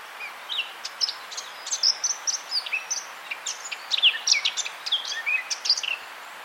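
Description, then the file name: Eurasian blackcap warbling song, a fast jumble of sharp chirps, clicks and brief clear whistles running throughout, with constant low hiss behind. "Sylvia atricapilla"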